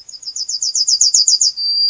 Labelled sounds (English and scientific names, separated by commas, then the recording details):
Yellowhammer (Emberiza citrinella) song
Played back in grassland
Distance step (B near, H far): B
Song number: 111